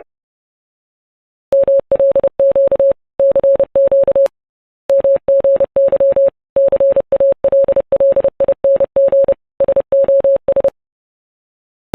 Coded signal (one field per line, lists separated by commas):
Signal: Morse code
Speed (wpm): 31 wpm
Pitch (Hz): 550 Hz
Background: none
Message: MLQ CQ MGY CALLING SOS